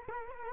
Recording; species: mosquito wingbeat signal from an infrared sensor; Culex quinquefasciatus